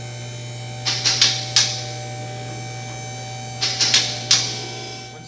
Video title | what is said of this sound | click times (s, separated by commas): How To Do An Oil Change | So on this specific type of lift, you're going to want to listen for all 4 clicks as it's lifting, | 1.2 s, 1.6 s, 4.3 s